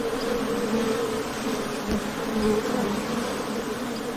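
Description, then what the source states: Honey bees buzzing steadily, a low wavering hum of many wings without pause. Ambient honey bee wing-buzz sound, presented as ASMR background sound for work and sleep.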